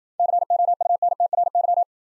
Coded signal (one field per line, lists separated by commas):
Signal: Morse code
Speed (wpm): 56 wpm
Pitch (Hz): 700 Hz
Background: none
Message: COUNTRY